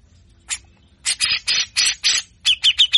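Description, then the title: Grey-cheeked bulbul harsh song, a single rasping note then a run of nine loud, broad, scratchy bursts, the last ones quicker and ending in brief whistled tones. Master recording for training cage birds; harsh, coarse 'besetan' song style, long duration, bird in full singing form. "MASTERAN CUCAK JENGGOT GACOR FULL BESETAN KASAR DURASI PANJANG"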